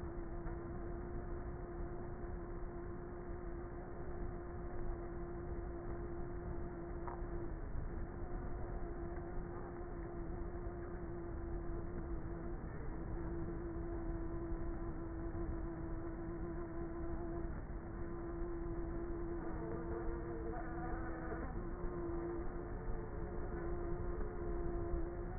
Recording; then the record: honeybee colony, microphone inside the hive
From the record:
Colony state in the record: queenless with a low population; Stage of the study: before two queens were removed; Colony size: about 30,000 bees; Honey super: no